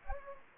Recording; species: mosquito wingbeat signal from an infrared sensor; Anopheles gambiae